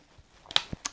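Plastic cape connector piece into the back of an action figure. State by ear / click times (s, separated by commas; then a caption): seated / 0.6 s, 0.9 s. A plastic cape connector piece is pushed into the holes in the back of a Hot Toys Batman Beyond Arkham Knight collectible action figure, after leftover molding plastic that had kept it from fitting was cut out of the holes with a small knife. Two sharp plastic clicks sound at 0.6 s and 0.9 s. The cape is now properly clipped on and holds very well.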